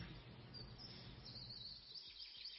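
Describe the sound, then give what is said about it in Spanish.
Faint, high birds chirping in short repeated tweets over a steady low rumble of background noise, growing a bit busier toward the end. “Los pajaritos, ¿verdad?”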